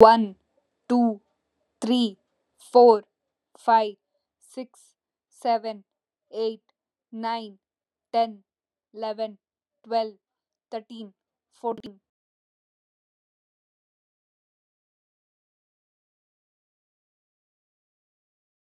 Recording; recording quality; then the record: counting at a normal pace; excellent, no background noise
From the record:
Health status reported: healthy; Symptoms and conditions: none ticked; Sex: female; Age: 26 years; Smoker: not ticked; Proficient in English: yes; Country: India